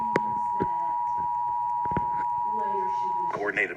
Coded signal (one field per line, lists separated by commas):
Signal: Emergency Alert System (SAME) tones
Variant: 853 and 960 Hz attention tone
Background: speech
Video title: Required Monthly Test EAS #22